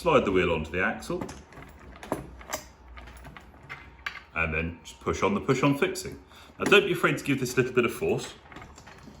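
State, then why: Not seated. Someone talks while fitting a push-on fixing, after sliding the wheel onto the axle, onto the wheel axle of a Sherpa gas weed burner trolley, pressing it with some force. Brief knocks and taps are heard between about 2.0 and 4.1 seconds and again near 8.5 to 8.8 seconds. The fixing has not clicked or seated onto the axle yet.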